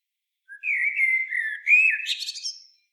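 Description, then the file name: Common blackbird singing one phrase, a mellow fluted warble sliding up and down, followed by a short burst of high, scratchy twittering notes. "Turdus merula"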